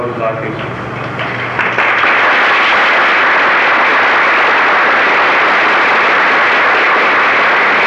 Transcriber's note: applause